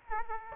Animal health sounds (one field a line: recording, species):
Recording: mosquito wingbeat signal from an infrared sensor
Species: Aedes aegypti